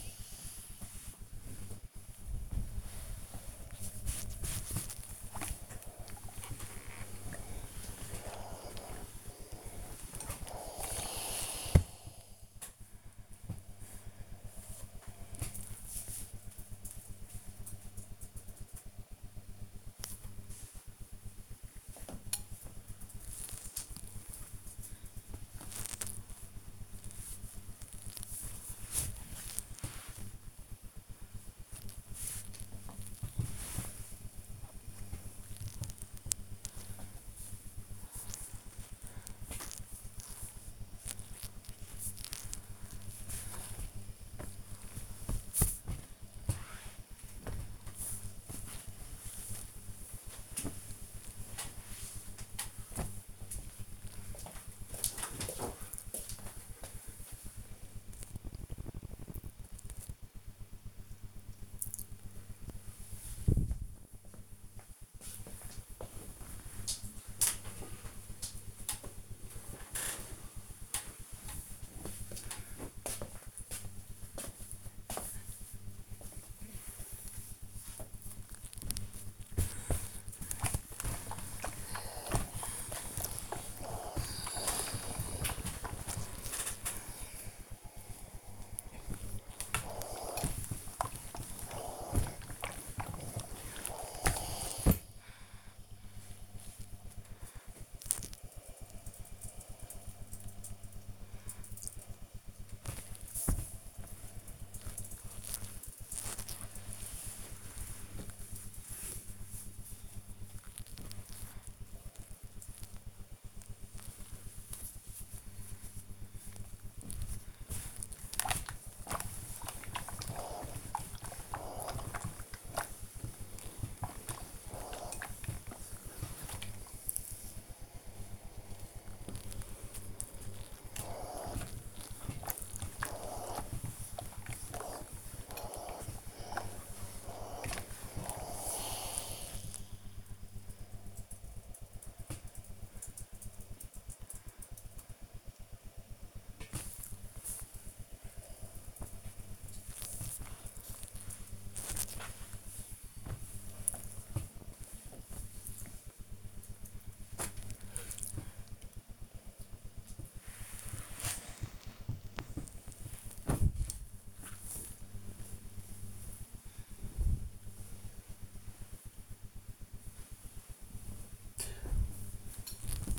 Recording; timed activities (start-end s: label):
household activities, microphone on the right wrist
0.00-14.07 s: ironing laundry
19.08-53.28 s: folding laundry
78.39-96.46 s: ironing laundry
102.53-110.59 s: folding laundry
113.60-138.71 s: ironing laundry
146.76-153.80 s: folding laundry
159.83-173.18 s: ironing laundry